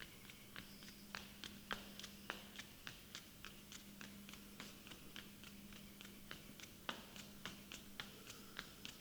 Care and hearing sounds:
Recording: daily activity, guitar pickup as the sensor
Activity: run

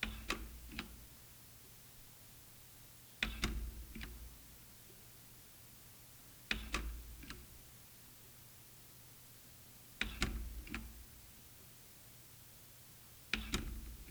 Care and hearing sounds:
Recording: daily activity, guitar pickup as the sensor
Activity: manipulate door

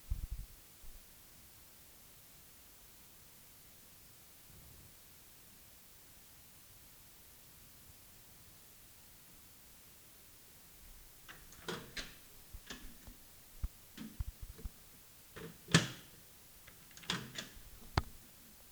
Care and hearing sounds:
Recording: daily activity, guitar pickup as the sensor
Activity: use microwave

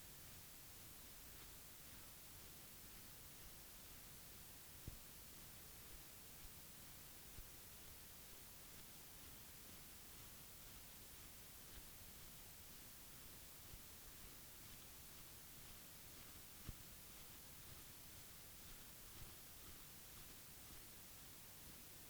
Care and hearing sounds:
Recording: daily activity, guitar pickup as the sensor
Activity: brush teeth

